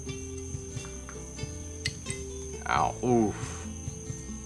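A TWM quick-action metal fuel cap on the fuel tank filler of a 2015 Z1000 motorcycle is pushed and turned, and it releases and pops open with a sharp click at 1.9 s, after softer taps around 1.1 and 2.1 s. Someone talks briefly after the release, over a steady tonal hum. The cap comes open.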